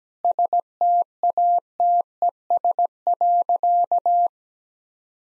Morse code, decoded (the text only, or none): STATES.